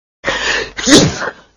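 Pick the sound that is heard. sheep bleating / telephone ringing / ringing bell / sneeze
sneeze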